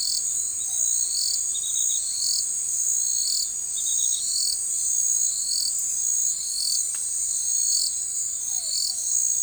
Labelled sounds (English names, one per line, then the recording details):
none
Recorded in forest near Pivijay, Magdalena, Colombia, on 13 April 2023 at 20:00
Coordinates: 10.467, -74.380
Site Z5-G034